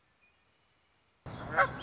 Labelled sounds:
Red-winged Blackbird
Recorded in Sonoma County, California

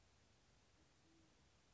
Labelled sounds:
Band-tailed Pigeon
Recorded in Sonoma County, California

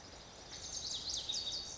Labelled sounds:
Lazuli Bunting
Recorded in Sonoma County, California

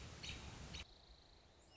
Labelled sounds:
American Robin
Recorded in Sonoma County, California

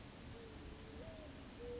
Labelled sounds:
Dark-eyed Junco
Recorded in Sonoma County, California

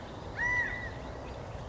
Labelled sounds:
California Quail
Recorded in Sonoma County, California

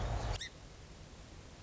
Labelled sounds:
Song Sparrow
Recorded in Sonoma County, California

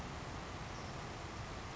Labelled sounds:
Savannah Sparrow
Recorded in Sonoma County, California

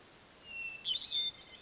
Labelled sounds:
Hermit Thrush
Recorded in Sonoma County, California

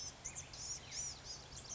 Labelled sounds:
Blue-gray Gnatcatcher
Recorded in Sonoma County, California

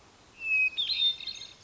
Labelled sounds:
Hermit Thrush
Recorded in Sonoma County, California

